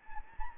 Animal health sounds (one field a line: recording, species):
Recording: mosquito wingbeat signal from an infrared sensor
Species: Anopheles gambiae